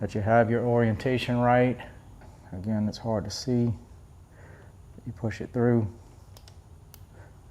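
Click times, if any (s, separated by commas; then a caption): 6.9 s. Someone talks while a crimped wire terminal is pushed through the back of a plastic multi-pin plug housing, while wiring a Garmin Zumo XT into Tenere 700 factory wiring. Faint ticks follow, then a short, sharp click at 6.9 s as the terminal latches and seats in the housing.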